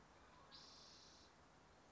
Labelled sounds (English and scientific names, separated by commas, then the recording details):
Spotted Towhee (Pipilo maculatus)
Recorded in Sonoma County, California